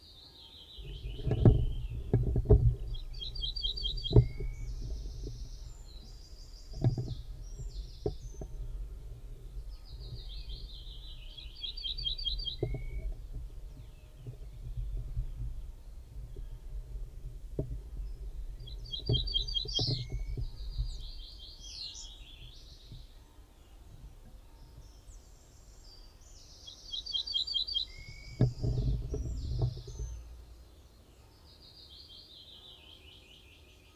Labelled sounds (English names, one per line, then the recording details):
Ortolan Bunting song
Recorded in the wild
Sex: male
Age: adult
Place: Hamminkeln, OT Brünen, Nordrhein-Westfalen, DE
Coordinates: 51.7256, 6.68
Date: 1970-05-10
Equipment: Uher 4000 Report-S, Bändchenmikro Beyer M 260, Parabolspiegel Polyester (470 mm)
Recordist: Conrads, Klaus
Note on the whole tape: Männchen (Brünen 4): Gesang